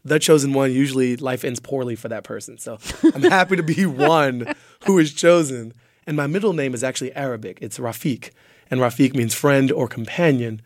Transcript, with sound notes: The chosen one, usually life ends poorly for that person. (LAUGHTER) So I'm happy to be one who was chosen. And my middle name is actually Arabic, it's Rafik, and Rafik means friend or companion.